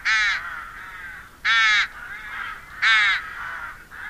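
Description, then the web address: Rook caws: three loud, rasping calls spaced about one and a half seconds apart, with quieter calls between them. "agykontroll Madardalok Cd 2. Vetési varjú"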